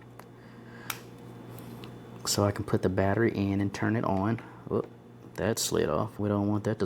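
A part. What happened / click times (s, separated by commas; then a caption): The mount snapped free of its clips / 0.9 s. The plastic tabs of a quick-release adapter mount are squeezed and the mount is pulled off a DJI Osmo Action 5 Pro action camera with a strong grip so the battery can go in. A sharp snap is heard at 0.9 s as it unclips, with a few fainter ticks after, and then someone talks. The mount is released from the camera.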